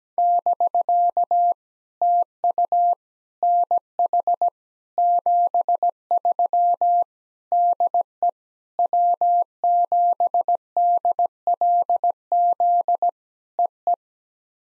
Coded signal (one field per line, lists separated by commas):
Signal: Morse code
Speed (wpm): 17 wpm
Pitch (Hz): 700 Hz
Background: none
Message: <BK> TU NH 73 DE W7DLZ EE